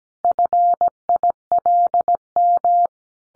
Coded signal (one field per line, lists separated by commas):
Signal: Morse code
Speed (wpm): 17 wpm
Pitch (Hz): 700 Hz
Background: none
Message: FILM